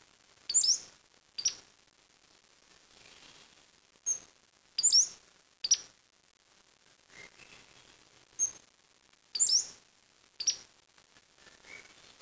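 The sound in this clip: Bird calls: short, very high, sharp chirps in small bursts, a few grouped together every few seconds, with fainter high notes between them over quiet background.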